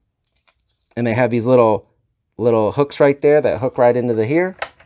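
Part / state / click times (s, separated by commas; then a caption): toy machine gun piece into toy car body / not seated / none. A plastic side machine-gun piece with little hooks, from a Kenner Batman Forever toy Batmobile, is handled next to the car body while someone talks, with a few faint ticks near the start and one at the very end. Nothing has seated or clicked into the Batmobile body yet.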